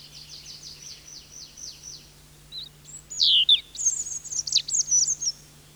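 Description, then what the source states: Goldcrest song: a thin, very high series of rhythmic repeated notes, then a louder, quicker jumble of high twittering notes ending the phrase; steady low hum beneath. Finland's smallest bird, a relative of the tits, lives in spruce forests; song so high that older people cannot hear it; rhythmic phrase ends in a trill.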